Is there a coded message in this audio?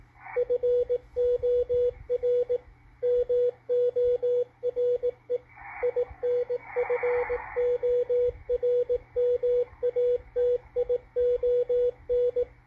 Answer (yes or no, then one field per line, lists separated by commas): yes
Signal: Morse code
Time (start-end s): 0.4-12.4 s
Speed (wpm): 18 wpm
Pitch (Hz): 490 Hz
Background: radio noise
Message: FOR MORE INFORMATION